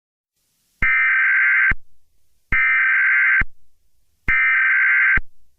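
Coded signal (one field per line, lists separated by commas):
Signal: Emergency Alert System (SAME) tones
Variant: header bursts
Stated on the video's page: Fake EAS alert, made up and based on the films A Quiet Place and A Quiet Place 2; not real.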